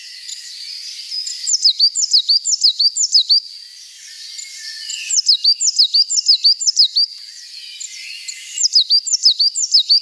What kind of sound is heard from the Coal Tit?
song